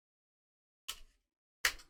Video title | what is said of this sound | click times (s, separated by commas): Brutal Warrior! Digimon Digivolving Spirits BlackWargreymon | There we go. Now he's in his full glory. Yeah, you gotta make sure that shoulder piece snaps in place. | 1.7 s